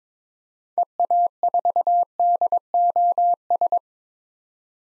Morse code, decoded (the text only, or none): EA4DOS